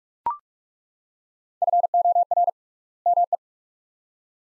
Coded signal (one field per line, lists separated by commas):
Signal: Morse code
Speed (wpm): 41 wpm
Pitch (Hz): 700 Hz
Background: none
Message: FOR ME